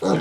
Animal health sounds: pig call; piglet (1 to 25 days)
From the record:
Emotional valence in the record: positive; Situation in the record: after nursing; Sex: male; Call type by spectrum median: low-frequency call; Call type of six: low-frequency modulated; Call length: 0.21 s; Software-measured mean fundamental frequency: 84 Hz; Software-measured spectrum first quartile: 269 Hz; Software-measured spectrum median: 466 Hz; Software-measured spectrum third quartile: 874 Hz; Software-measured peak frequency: 294 Hz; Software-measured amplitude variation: 100 dB a second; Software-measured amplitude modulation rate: 20.9 a second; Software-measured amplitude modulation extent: 4.8 dB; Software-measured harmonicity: 0.4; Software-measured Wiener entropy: -0.87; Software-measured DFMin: 905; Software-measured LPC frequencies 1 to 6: 519, 1301, 2084, 3121, 3908, 5569 Hz

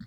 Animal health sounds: pig call; piglet (1 to 25 days)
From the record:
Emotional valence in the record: positive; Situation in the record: short reunion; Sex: female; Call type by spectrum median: low-frequency call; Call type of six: low-frequency tonal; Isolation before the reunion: 3 minutes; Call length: 0.06 s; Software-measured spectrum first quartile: 163 Hz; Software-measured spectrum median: 242 Hz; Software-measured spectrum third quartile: 975 Hz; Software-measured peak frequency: 203 Hz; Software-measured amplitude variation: 7 dB a second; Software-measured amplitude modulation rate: 7.8 a second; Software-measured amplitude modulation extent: 0.9 dB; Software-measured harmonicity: 9.8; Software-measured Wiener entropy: -3.62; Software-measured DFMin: 832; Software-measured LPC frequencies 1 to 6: 203, 1475, 1868, 3517, 4444, 5116 Hz

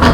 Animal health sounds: pig call; piglet (1 to 25 days)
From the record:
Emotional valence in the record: positive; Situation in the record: reunion after long isolation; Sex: female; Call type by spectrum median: low-frequency call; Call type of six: low-frequency tonal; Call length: 0.14 s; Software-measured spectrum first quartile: 196 Hz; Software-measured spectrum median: 593 Hz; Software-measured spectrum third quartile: 1358 Hz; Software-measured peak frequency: 79 Hz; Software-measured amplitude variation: 62 dB a second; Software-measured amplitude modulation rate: 18.0 a second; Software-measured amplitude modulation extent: 3.5 dB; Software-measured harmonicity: -1.1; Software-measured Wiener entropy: -1.02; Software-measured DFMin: 1011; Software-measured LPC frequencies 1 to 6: 1106, 1645, 3171, 4206, 4826, 6378 Hz

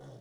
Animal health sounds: pig call; piglet (1 to 25 days)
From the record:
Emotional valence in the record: negative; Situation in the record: short isolation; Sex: female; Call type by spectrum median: low-frequency call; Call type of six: low-frequency stable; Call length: 0.21 s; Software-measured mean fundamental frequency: 66 Hz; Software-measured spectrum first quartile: 145 Hz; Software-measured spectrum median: 333 Hz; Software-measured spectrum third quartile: 720 Hz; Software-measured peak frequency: 132 Hz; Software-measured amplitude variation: 84 dB a second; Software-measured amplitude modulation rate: 19.2 a second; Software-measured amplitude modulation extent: 4.4 dB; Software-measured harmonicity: -2.3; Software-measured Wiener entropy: 0.03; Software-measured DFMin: 1327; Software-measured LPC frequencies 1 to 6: 530, 1505, 3403, 5424, 6391, 7535 Hz

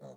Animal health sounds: pig call; piglet (1 to 25 days)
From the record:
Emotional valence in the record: negative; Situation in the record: short isolation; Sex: female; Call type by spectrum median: low-frequency call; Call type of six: low-frequency stable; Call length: 0.17 s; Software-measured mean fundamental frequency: 60 Hz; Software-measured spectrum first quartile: 205 Hz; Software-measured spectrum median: 465 Hz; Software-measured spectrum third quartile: 650 Hz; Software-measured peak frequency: 531 Hz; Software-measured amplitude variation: 86 dB a second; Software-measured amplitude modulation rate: 9.1 a second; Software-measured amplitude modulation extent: 9.5 dB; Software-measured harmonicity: 0.8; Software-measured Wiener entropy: 0.10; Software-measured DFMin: 1434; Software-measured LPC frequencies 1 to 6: 562, 3912, 6490, 7358, 9146, 11371 Hz

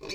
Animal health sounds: pig call; weaner (32 to 43 days)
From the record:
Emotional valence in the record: negative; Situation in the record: novel object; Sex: female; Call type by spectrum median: low-frequency call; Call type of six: high-frequency modulated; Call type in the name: high-frequency modulated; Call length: 0.15 s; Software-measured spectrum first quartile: 411 Hz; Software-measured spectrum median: 1974 Hz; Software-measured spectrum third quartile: 3939 Hz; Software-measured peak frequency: 391 Hz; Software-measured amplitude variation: 105 dB a second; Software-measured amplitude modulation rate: 16.7 a second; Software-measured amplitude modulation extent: 6.3 dB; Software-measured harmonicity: 4.0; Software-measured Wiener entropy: -2.53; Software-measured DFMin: 1177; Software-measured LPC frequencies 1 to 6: 425, 1085, 2407, 3839, 4415, 5302 Hz

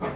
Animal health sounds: pig call; growing-finishing pig (85 days or more)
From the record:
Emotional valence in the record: positive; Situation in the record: run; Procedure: transit

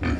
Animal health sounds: pig call; growing-finishing pig (85 days or more)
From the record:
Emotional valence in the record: negative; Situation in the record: barren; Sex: female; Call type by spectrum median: low-frequency call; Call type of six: low-frequency stable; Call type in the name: low-frequency stable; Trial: 1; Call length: 0.20 s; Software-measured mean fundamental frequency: 46 Hz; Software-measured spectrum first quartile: 144 Hz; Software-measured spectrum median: 323 Hz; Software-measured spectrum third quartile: 1296 Hz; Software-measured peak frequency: 86 Hz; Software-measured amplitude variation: 124 dB a second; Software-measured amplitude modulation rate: 20.3 a second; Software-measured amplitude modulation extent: 6.1 dB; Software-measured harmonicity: 1.4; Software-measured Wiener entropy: -2.07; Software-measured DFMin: 963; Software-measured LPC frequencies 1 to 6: 1401, 1684, 2360, 3179, 4545, 5573 Hz

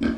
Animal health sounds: pig call; growing-finishing pig (85 days or more)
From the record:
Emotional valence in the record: negative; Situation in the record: barren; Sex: male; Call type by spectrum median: low-frequency call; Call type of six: low-frequency stable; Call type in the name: low-frequency stable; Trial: 2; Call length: 0.18 s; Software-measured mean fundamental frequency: 46 Hz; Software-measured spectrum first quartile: 236 Hz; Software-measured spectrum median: 322 Hz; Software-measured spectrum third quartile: 891 Hz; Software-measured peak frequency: 252 Hz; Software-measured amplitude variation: 165 dB a second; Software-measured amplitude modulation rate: 22.4 a second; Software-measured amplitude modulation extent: 7.4 dB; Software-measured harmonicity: 5.0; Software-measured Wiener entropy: -1.74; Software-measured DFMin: 971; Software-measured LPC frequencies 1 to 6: 293, 1539, 2322, 3222, 4195, 5067 Hz

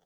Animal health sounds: pig call; piglet (1 to 25 days)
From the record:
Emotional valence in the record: positive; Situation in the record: reunion after long isolation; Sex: male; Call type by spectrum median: low-frequency call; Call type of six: low-frequency tonal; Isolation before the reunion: 8 minutes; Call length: 0.05 s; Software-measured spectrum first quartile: 543 Hz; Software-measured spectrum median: 1333 Hz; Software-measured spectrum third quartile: 5474 Hz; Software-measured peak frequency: 441 Hz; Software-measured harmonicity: 1.0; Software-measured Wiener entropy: -2.11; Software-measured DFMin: 1129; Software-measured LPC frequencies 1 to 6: 697, 1580, 3313, 4756, 5834, 6513 Hz

